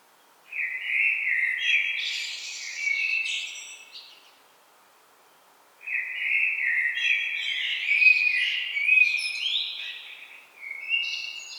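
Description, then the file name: Common blackbird singing two long phrases separated by silence, fluted warbling notes mixed with high, squeaky twittering ends. "Turdus merula"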